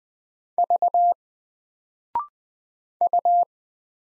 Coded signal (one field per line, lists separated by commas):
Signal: Morse code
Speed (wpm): 20 wpm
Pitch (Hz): 700 Hz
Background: none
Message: V U